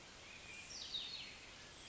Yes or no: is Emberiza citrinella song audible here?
no